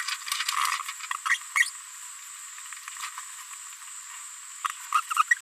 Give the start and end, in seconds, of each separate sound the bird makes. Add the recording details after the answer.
1.29-1.36, 1.55-1.70, 4.94-5.01, 5.16-5.23. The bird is a female. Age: 23 days. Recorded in a nest box in Venezuela. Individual 17B73B2